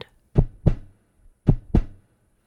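Two clear lub-dub pairs of low, dull thumps in a steady, slow rhythm of roughly 54 beats a minute. This is an ordinary heartbeat. The heartbeat is part of the circulatory system, as the heart pumps blood to all the different parts of the body.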